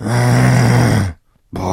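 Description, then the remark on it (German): A person roars in imitation of a male lion: a loud, low, throaty growl from the throat held for about a second, then a brief silence before a second roar begins. “Also ein Löwengeschrei.”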